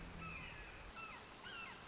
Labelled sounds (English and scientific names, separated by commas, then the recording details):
Red-shouldered Hawk (Buteo lineatus)
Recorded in Sonoma County, California